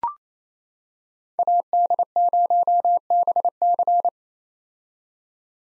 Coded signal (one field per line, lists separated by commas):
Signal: Morse code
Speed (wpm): 28 wpm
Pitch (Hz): 700 Hz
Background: none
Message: AD0BC